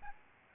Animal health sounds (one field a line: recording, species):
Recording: mosquito wingbeat signal from an infrared sensor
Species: Aedes albopictus